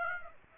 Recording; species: mosquito wingbeat signal from an infrared sensor; Aedes aegypti